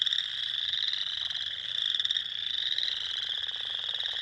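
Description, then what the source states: Spring peepers in full chorus, a steady piercing wall of high peeps with individual notes poking through. Recorded on 2021-04-06.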